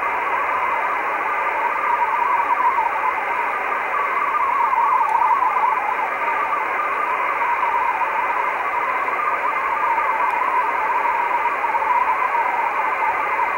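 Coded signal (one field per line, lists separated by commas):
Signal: multi-tone FSK (Olivia or MFSK type)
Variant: Olivia 8/500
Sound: warbling, slowly hopping tones around 1 kHz under steady radio hiss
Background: radio static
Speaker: So that's nice little decoding of an Olivia signal. Olivia being a digital mode.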